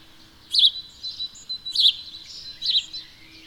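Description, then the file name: House sparrow chirping: three loud, slightly buzzy chirps with quieter chirrups between them. "Passer domesticus"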